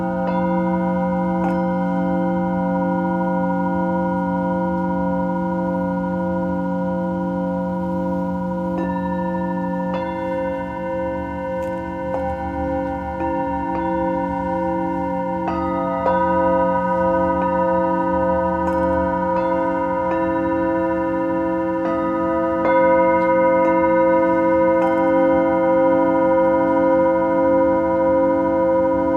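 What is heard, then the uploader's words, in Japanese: Singing bowls ring with long, sustained tones that layer and overlap, a deep hum underneath and bright ringing overtones above. New strikes land every few seconds, around 1.5, 10, 16, 20 and 23 seconds, each adding fresh shimmer while the overall level stays steady and slowly swells. メキシコから シンギングボウルのサウンドヒーリング。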